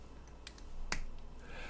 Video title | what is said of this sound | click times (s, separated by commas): First Impressions Parker IM | Yeah, the click. | 0.9 s